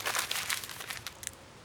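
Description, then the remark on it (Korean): A package of fried hardtack crackers crinkles in a steady stream of crisp, papery rustles, with a few sharper crackles toward the end and no voices. “여기 튀긴 건빵이 좀 있는데 먹어볼 테냐?”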